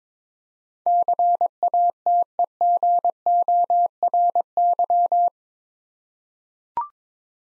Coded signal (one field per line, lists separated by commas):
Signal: Morse code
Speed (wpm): 22 wpm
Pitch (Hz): 700 Hz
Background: none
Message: CATEGORY